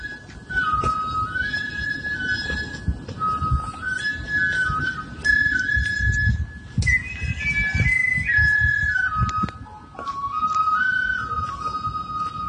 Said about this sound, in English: I'm hearing a lot of ambience going on. Yeah, there's always a lot of activity, people walking by, biking by, and then the flute players, probably there's some birds. Let's have a listen for a few seconds, because this is wonderful.